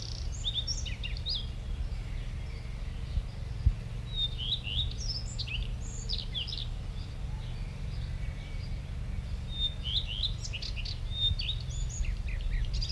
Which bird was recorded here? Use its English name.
Common Redstart